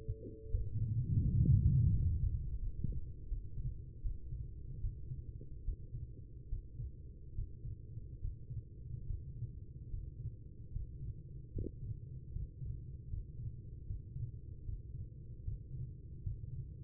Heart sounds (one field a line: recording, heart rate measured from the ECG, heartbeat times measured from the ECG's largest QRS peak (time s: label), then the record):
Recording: heart sounds by stethoscope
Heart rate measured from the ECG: 76 bpm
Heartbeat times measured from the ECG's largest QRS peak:
0.50 s: heartbeat
1.21 s: heartbeat
1.90 s: heartbeat
2.57 s: heartbeat
3.27 s: heartbeat
4.01 s: heartbeat
4.80 s: heartbeat
5.63 s: heartbeat
6.48 s: heartbeat
7.34 s: heartbeat
8.19 s: heartbeat
9.05 s: heartbeat
9.88 s: heartbeat
10.71 s: heartbeat
11.51 s: heartbeat
12.30 s: heartbeat
13.08 s: heartbeat
13.85 s: heartbeat
14.63 s: heartbeat
15.42 s: heartbeat
16.21 s: heartbeat
From the record:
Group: healthy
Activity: rest 0-1 s, Valsalva maneuver 1-17 s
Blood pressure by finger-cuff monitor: 117/86 mmHg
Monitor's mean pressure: 96 mmHg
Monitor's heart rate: 77 bpm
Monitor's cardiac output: 4.7 L/min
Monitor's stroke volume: 64 mL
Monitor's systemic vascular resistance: 1500 dyn s/cm5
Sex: female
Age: 43 years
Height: 160 cm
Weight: 90 kg